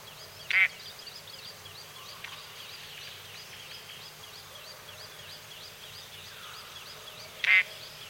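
Crested drongo with two harsh, buzzy calls seven seconds apart, against a steady background of soft, rapidly repeated high chirps.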